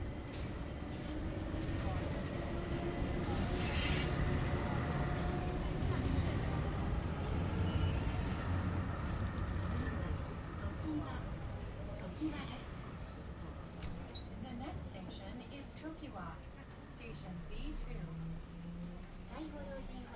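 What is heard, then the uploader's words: Riding a tram through a city, with a steady low rumble of the car rolling along the rails filling the whole clip. People talk over the hum, and a brighter hiss swells around the third second before easing. Short clanks and squeals surface later on. Binaural production. Generative soundscape based on a two-dimensional random walk between four binaural soundscapes recorded at different tram stations or tram rides in cities around the world. Riding a tram through Kyoto (Japan).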